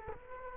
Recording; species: mosquito wingbeat signal from an infrared sensor; Culex quinquefasciatus